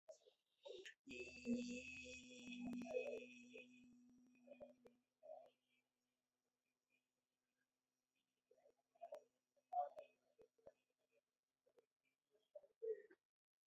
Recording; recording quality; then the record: sustained vowel as in beet; moderate, slight background noise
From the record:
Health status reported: exposed to COVID-19, no respiratory illness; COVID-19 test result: negative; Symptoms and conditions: none ticked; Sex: male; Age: 53 years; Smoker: not ticked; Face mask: worn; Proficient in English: yes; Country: India